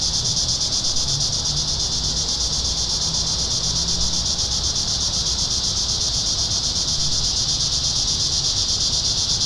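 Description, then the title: Cicadas buzzing in an unbroken high, rapidly pulsing drone, with a low hum underneath throughout. Cicadas singing in town. "neoscenes: cicadas in town"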